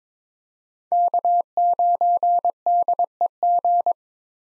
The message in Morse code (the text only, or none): K9DEG